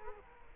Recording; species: mosquito wingbeat signal from an infrared sensor; Culex quinquefasciatus